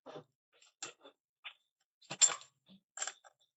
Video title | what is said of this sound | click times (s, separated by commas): Arcade2TV-VR Unboxing and Assembly | Okay, I heard it click. | 3.0 s